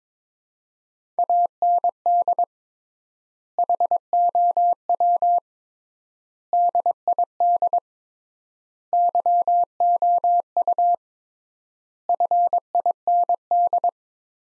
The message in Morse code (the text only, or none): AND HOW DID YOU FIND